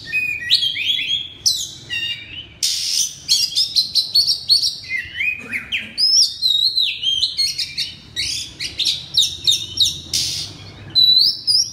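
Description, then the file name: Oriental magpie-robin song, a loud continuous run of sweet whistles, sharp slurred notes and buzzy bursts, mostly high-pitched with hardly a pause. Loud, open-voiced singing style called ngeplong keras. "suara kacer ngeplong keras"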